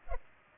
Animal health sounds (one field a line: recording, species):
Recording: mosquito wingbeat signal from an infrared sensor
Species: Culex pipiens